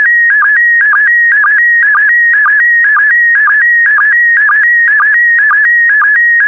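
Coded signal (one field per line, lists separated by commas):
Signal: SSTV (slow-scan television)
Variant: PD120 mode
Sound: warbling steady tones stepping between two pitches, with short low blips twice a second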